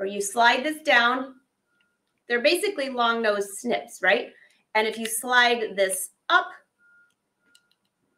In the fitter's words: it locks in place so slide down to cut slide up and can you see what's on there yes